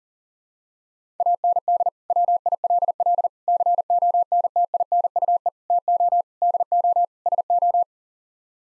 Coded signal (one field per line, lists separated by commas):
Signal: Morse code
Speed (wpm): 37 wpm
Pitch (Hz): 700 Hz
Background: none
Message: AND WILL CONTINUE TO DO SO